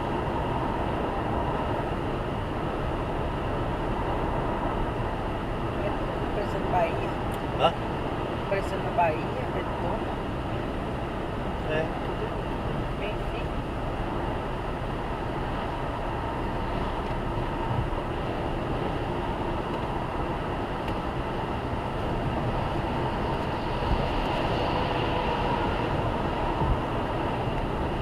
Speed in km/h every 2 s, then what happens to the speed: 117, 119, 119, 118, 118, 118, 118, 117, 116, 116, 119, 122, 122, 118.
0-24 steady at about 118.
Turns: none.